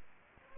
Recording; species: mosquito wingbeat signal from an infrared sensor; Anopheles gambiae